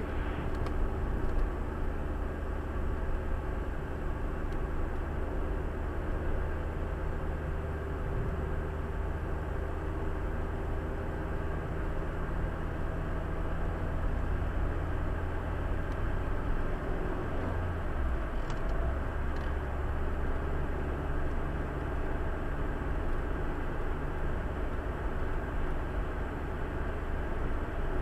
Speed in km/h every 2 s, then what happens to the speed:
56, 56, 57, 58, 58, 59, 61, 63, 66, 66, 66, 68, 68, 68.
0-28 speeds up to 68.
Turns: none.